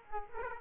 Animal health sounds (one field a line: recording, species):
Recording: mosquito wingbeat signal from an infrared sensor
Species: Aedes aegypti